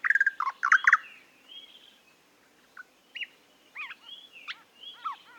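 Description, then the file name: Eastern nicator bursts into loud, harsh, rapid chattering, then falls quiet, with scattered short whistles and slurred notes following. "British Library - Eastern Nicator Nicator gularis"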